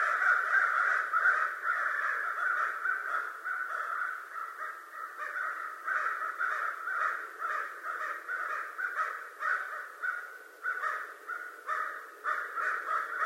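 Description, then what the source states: American crow caws, a long busy stream of harsh calls, several birds overlapping, later breaking into more separate pulsing caws. Recorded 25 November 2011.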